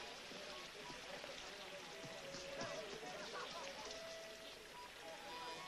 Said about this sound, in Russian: Подходит к стене дождя на выходе из арки.